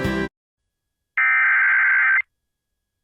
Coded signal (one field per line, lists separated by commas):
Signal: Emergency Alert System (SAME) tones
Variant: header bursts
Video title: Central MS Alerts: EAS Alerts From 3/25/24 (EAS #2278-2286)